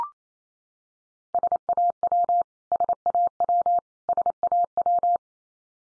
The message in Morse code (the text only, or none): SAW SAW SAW